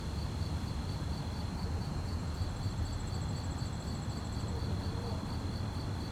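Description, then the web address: Crickets chirp in a rapid, steady rhythm, with a higher trill joining midway, over a constant low rumble. Fast-chirping crickets at night on a quiet street, with distant activities and slight wind; stereo. "QUIET STREET Night fast chirp crickets, distant activities, slight wind. Articulated Sounds - Quiet Streets. Sonniss"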